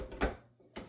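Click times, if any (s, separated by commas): none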